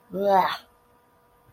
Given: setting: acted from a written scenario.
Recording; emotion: vocal sound without words; disgust